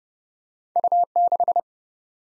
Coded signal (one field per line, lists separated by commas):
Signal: Morse code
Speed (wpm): 31 wpm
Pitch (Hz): 700 Hz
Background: none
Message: U6